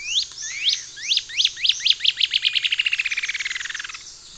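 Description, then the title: Cinereous antshrike calling with sharp upslurred whistles that quicken into a rapid, falling trill. Subspecies glaucus. "LuckyPassaro Completos2Sama. Cinereous Antshrike (Thamnomanes caesius glaucus)"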